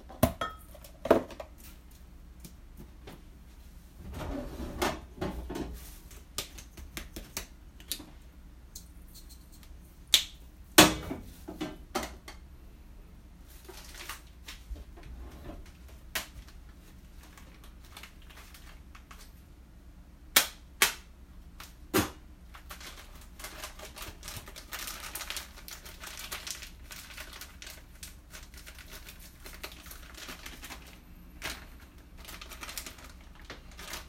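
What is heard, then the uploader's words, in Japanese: Kitchen sounds: scattered sharp clatters and knocks, sharpest near 1, 10 and 20 seconds, over a low steady hum. キッチンの音。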